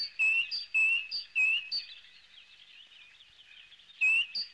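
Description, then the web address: Bird chirps, a few bright notes, a stretch of faint twittering, then more chirps at the end. "animali uccelli uccelli birds"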